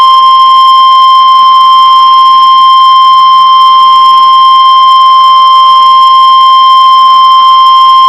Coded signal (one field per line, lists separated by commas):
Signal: Emergency Alert System (SAME) tones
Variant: 1050 Hz attention tone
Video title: Winter Storm Warning (EAS 279)